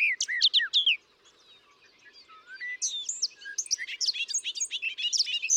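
Bobolink singing a brief burst of tinkling notes, a pause with faint twitters, then a long, tumbling, bubbly cascade of high notes.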